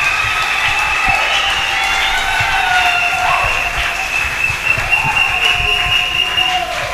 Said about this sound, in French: Pendant ce temps, nous appelons la chorale des jolis sites pour qu'elles viennent adorer avec nous. Mais avant qu'ils ne viennent, est-ce que nous pouvons les encourager avec des acclamations?